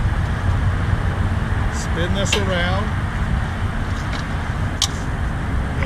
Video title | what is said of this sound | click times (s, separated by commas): Tractor Day | hear it click and | 4.8 s, 5.8 s